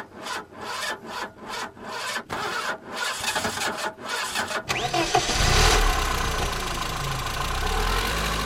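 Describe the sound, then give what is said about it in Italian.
A car engine cranks after the ignition key is turned, with a series of rhythmic starter whirs for several seconds, then catches and settles into a steady, rumbling idle. “Allora, proviamo a vedere se il nostro motore, il nostro cervello parte bene oppure se è un po' ingolfato. Dobbiamo solo girare la chiavetta, vai!”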